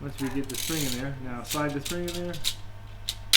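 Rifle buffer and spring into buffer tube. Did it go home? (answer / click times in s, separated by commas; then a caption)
yes / 3.1 s. A rifle buffer and recoil spring are pushed into the buffer tube in the stock while someone talks. At 3.1 s the buffer passes the small retainer pin with a sharp click and is seated.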